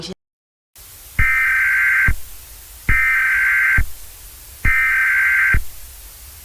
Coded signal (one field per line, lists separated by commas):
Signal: Emergency Alert System (SAME) tones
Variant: header bursts